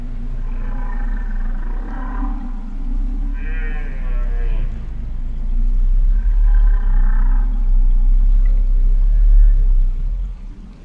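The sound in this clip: Humpback whale song: low groaning moans and nasal, bleating units over a strong continuous low rumble.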